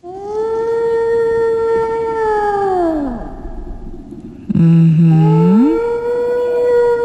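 Whale song: two long, loud moaning calls rich in overtones, the first holding a steady tone before sliding downward, the second starting low and sweeping up. No one speaks.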